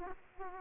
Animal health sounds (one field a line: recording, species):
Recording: mosquito wingbeat signal from an infrared sensor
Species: Aedes aegypti